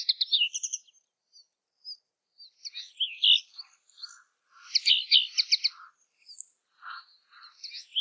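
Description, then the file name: Common linnet song, a busy jumble of twittered, buzzy trills and chirps, mixed with a few lower, softer notes in between. "kneu zang"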